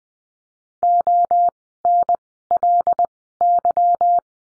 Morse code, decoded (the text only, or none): ONLY